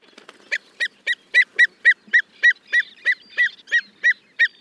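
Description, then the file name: Pied avocet calls: a steady series of sharp, fluty 'kluit' notes, about three each second, clear and evenly spaced with a few soft clicks at the start. "Kluut"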